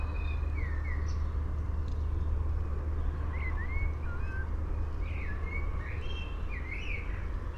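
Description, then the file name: Common blackbird giving scattered whistled, slurred notes around mid pitch, several short phrases over a steady low rumble of background noise. "Turdus merula"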